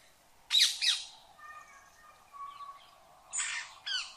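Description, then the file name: Rose-ringed parakeet giving two loud harsh squawks, then faint tonal chatter, then two more raspy squawks. "Canto do periquito indiano"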